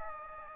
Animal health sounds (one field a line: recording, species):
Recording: mosquito wingbeat signal from an infrared sensor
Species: Anopheles gambiae